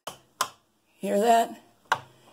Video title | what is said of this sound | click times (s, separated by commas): Ribber basics for the KnitKing am3/Knittax 4500 | the bump towards you so that it will lock into place here | 0.1 s, 0.4 s